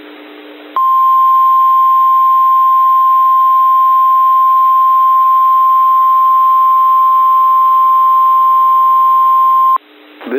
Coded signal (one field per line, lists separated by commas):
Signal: Emergency Alert System (SAME) tones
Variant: 1050 Hz attention tone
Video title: [EAS] NWS Pendleton Required Weekly Test - WWF56 162.45 - 10:31 PDT 2026-06-10